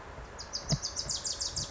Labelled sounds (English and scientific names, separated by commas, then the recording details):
Wilson's Warbler (Cardellina pusilla)
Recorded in Sonoma County, California